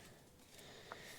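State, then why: Not seated. An old ignition coil pack electrical connector on a 1.8 turbo engine of an Audi TT Mk1 / VW VAG car, its brittle plastic locking clip completely sheared off, is pushed onto the coil pack against a steady low background hiss. A brief faint contact sound comes at about 0.9 s, but nothing has clicked or seated, because the broken clip can no longer lock the plug into position.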